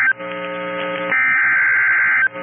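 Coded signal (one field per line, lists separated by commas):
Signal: Emergency Alert System (SAME) tones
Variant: header bursts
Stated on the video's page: Severe thunderstorm warning received from a NOAA weather radio transmitter.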